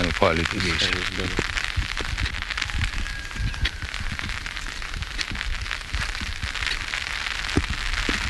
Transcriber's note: sound of rain